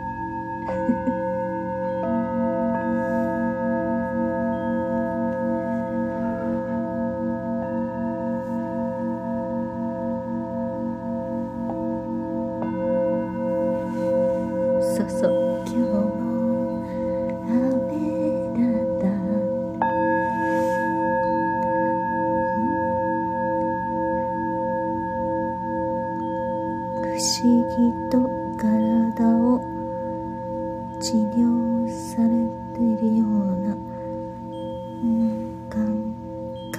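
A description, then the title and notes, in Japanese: Singing bowls ring in a dense, sustained wash of layered tones that hums and wavers steadily throughout, with a low drone underneath. New strikes and rubbed swells enter around 13 and 20 seconds, and after about 27 seconds brighter taps and clicks scatter over the ringing. メキシコから シンギングボウルのサウンドヒーリング ライブ。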